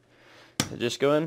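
Steel frame pieces of a ZINUS 7 inch Metal Smart Box Spring are handled by hand, a metal frame piece being pushed toward the adjoining box spring frame piece. A sharp transient at 0.6 s comes amid someone talking, but nothing has seated or snapped together yet.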